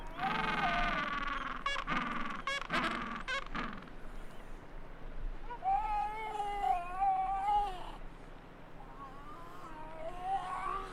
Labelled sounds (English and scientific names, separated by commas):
Gentoo Penguin (Pygoscelis papua) call